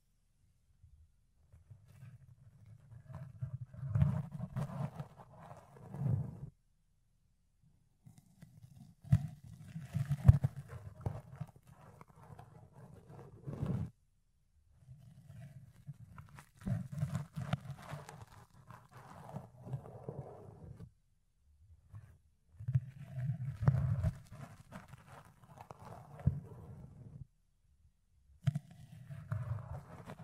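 Ear cleaning and ear picking, heard as bursts of dull, muffled rubbing and scratching that come in stretches of a few seconds, separated by brief silences. Sharp clicks and crackles cut through the low rumbling strokes, with a few louder pops along the way.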